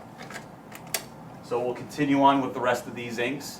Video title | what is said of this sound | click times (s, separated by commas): Epson Surecolor P800 Instalación | and push it in until it clicks. | 0.9 s